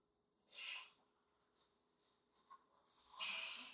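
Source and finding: Dog. Sneezing.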